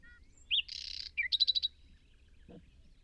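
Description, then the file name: Common nightingale singing a varied phrase: a short whistle, a dense buzzy burst, then a fast run of several sharp repeated notes. "Luscinia megarhynchos"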